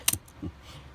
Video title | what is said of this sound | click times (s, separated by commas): Zenith 6S528 In Progress 2 Supplemental | so i mean it locks right in right now | 0.1 s